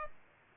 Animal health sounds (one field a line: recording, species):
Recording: mosquito wingbeat signal from an infrared sensor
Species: Aedes aegypti